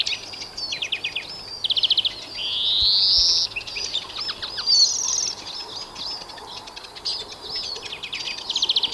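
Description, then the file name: European greenfinch song of fast repeated trills and chirps, broken by a long nasal rising wheeze early on and a shorter one later, with faint low hum beneath. "Chloris chloris"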